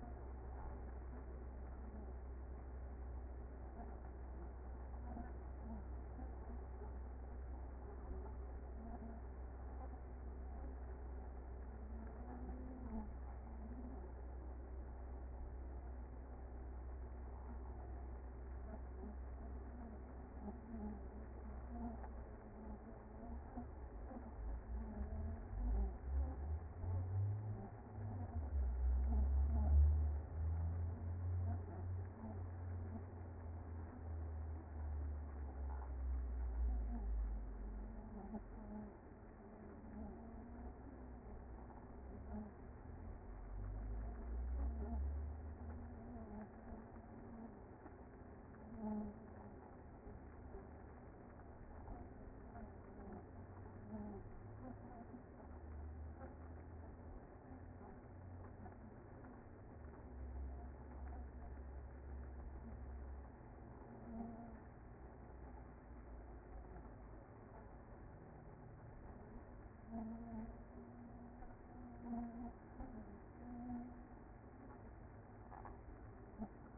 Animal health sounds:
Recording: honeybee colony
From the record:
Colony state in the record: active

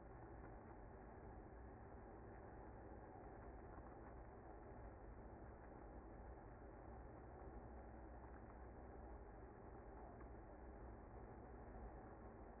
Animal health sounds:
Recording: honeybee colony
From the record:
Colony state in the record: active

